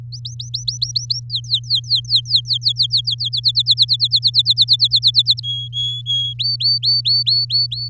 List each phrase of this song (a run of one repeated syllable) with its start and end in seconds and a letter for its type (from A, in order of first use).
0.12-1.20 A, 1.30-3.29 B, 3.32-5.40 C, 5.43-6.33 D, 6.39-7.88 E